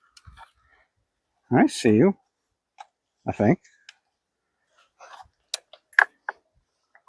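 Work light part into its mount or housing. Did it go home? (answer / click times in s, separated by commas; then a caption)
yes / 5.5 s, 6.0 s. A part of a Hykoont MX5085 LED work light is fitted into its mount and clicks, locking into place, with sharp clicks at 5.5 s and 6.0 s. Someone talks earlier in the clip, and a few quieter clicks and handling sounds come before and between the main clicks.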